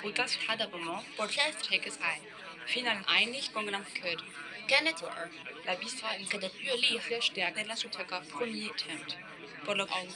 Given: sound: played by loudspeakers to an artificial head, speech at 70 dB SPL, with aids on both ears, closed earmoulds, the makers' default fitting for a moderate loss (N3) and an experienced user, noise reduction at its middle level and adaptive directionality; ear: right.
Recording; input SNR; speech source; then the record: speech test signal (ISTS) in cocktail-party noise; 0 dB; on the right (90 degrees)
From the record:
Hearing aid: class 2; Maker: I